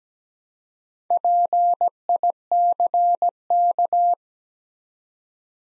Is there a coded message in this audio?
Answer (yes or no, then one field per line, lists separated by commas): yes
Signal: Morse code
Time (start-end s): 1.1-4.1 s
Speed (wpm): 17 wpm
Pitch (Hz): 700 Hz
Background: none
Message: PICK